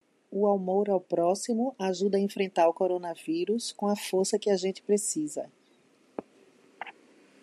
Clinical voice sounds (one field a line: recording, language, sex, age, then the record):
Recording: spoken sentence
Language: Brazilian Portuguese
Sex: female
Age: 50 to 59 years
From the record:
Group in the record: control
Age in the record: 55 years